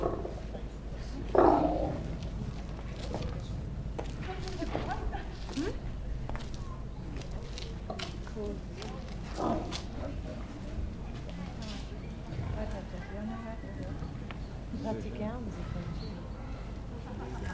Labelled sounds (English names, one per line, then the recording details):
Tiger call
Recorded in captivity
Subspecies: altaica
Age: adult
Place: Zoo Leipzig, Sachsen, DE
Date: 1959-09-17 13:45
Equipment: Reporter (Vollspur)
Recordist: TSA
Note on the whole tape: Ostsibirischer Tiger: Rufe beim Umherlaufen. Abstand 8-10 m. Aufnahmezeit: 13.45-14.20 Uhr